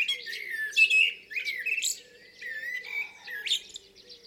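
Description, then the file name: Common blackbird song of short warbled phrases, with thin high chirps from other birds and a soft constant hum. "Turdus merula"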